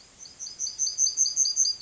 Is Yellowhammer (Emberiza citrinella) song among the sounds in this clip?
yes